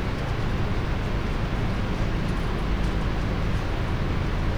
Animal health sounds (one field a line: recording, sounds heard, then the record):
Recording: poultry house recording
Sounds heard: no chicken sound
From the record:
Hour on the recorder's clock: 19